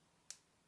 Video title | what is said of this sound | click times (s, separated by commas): Jun Lang 16010B Knife Review | locks into place | 0.3 s